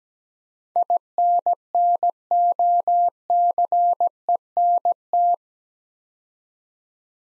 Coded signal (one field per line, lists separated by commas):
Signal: Morse code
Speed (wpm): 17 wpm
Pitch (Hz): 700 Hz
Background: none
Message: INNOCENT